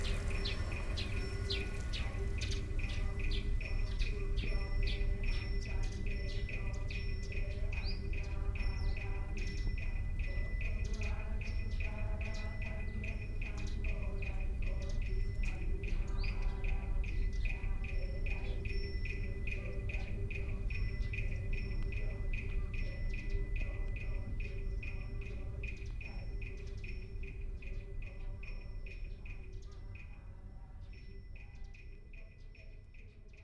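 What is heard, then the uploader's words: A field recording from Japan: a steady low rumble runs throughout, with a constant high whine and a softer hum above it. Rapid ticking chirps, likely birds, and faint voice-like murmurs crowd the first half, thinning and quieting over the last few seconds. Field recordings I made in Japan.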